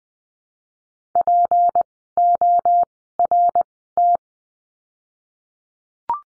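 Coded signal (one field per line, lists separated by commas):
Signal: Morse code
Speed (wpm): 20 wpm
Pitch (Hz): 700 Hz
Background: none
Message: PORT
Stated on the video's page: Morse lesson practicing words with the letter P, sent at Farnsworth speed 20/10 wpm.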